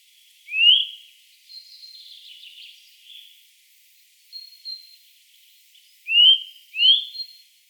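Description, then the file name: Eurasian nuthatch calls: clear upslurred whistles, one early and a pair near the end, with softer twittering and thin high notes filling the gaps. "Sitta europaea"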